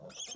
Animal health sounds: pig call; piglet (1 to 25 days)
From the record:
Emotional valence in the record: negative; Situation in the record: long isolation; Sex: female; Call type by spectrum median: high-frequency call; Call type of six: mixed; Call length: 0.36 s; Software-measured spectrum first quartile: 2213 Hz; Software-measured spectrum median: 4821 Hz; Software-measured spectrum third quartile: 6953 Hz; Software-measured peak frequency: 6398 Hz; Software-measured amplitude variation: 129 dB a second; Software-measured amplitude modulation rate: 15.4 a second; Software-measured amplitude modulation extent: 8.4 dB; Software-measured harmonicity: 7.0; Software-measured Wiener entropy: -3.56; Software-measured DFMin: 887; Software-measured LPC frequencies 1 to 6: 578, 1379, 2625, 3239, 5392, 6292 Hz

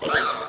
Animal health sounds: pig call; piglet (1 to 25 days)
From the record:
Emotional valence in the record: positive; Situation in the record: huddling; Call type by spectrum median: low-frequency call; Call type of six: mixed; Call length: 0.49 s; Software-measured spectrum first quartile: 998 Hz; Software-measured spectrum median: 1531 Hz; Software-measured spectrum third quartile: 2707 Hz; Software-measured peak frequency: 1244 Hz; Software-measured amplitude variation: 95 dB a second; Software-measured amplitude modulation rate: 23.5 a second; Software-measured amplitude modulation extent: 4.1 dB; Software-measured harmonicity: 3.2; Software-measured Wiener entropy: -1.73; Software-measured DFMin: 599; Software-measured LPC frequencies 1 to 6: 602, 1341, 1698, 2835, 3472, 4086 Hz

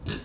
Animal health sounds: pig call; growing-finishing pig (85 days or more)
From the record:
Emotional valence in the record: positive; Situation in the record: run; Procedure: transit

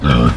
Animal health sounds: pig call; growing-finishing pig (85 days or more)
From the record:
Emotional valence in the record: positive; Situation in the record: run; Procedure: transit

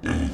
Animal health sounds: pig call; growing-finishing pig (85 days or more)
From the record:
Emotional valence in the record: negative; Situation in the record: barren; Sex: female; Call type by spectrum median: low-frequency call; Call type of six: low-frequency stable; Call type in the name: low-frequency stable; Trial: 1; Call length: 0.34 s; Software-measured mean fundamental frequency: 40 Hz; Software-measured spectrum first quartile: 163 Hz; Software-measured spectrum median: 322 Hz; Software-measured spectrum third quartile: 1312 Hz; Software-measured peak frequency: 257 Hz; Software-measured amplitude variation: 152 dB a second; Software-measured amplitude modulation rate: 26.5 a second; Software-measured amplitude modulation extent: 5.7 dB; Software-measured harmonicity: -1.2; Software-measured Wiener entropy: -2.13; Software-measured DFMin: 701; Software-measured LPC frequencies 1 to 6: 1650, 2640, 4784, 6070, 7434, 8179 Hz

